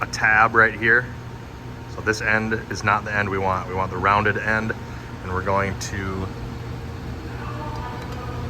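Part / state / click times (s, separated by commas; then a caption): wiper blade adapter onto windshield wiper arm hook / not seated / none. On a Jeep Grand Cherokee (WK2), the rounded end of a wiper blade adapter is lined up onto the windshield wiper arm hook, ready to be pushed forward to lock. Someone talks over a steady low hum, and nothing has clicked or seated yet.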